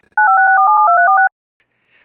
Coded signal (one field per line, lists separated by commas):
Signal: DTMF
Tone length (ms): 110 ms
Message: 956472346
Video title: Overnight Alerts: EAS Alerts From 6/9/24 (EAS #2559-2569)